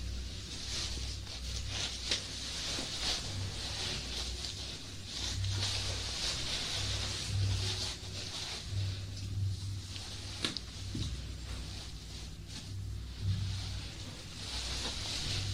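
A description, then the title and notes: Eating sugar and an aloe vera gel ear massage, heard as a steady, dense wash of soft crackling and rubbing with a low rumbling hum underneath. Sharper clicks pop out now and then, most clearly around ten seconds, while the texture swells and eases throughout. Eating sugar, aloe vera gel ear massage.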